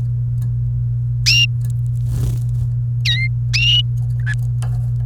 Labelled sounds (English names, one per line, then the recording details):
Domestic Canary song
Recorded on 28 April 2018 at 10:45
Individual llb3